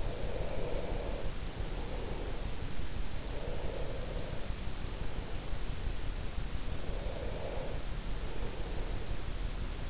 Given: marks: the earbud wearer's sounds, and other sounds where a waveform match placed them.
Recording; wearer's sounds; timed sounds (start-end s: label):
sounds in sleep by an in-ear microphone; breath
0.00-2.57 s: breath
3.13-5.62 s: breath
6.75-9.28 s: breath